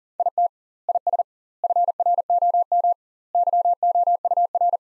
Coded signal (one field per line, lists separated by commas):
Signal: Morse code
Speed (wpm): 40 wpm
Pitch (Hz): 700 Hz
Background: none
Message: IT IS FROM YOUR